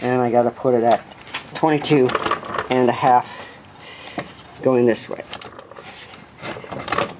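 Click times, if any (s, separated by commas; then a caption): 6.9 s, 7.0 s. Someone talks while swinging a miter saw turntable to its 22.5 degree setting for cutting crown molding. The metal detent snaps into the preset stop with two sharp clicks at 6.9 s and 7.0 s, and the turntable is seated in the 22.5 degree detent.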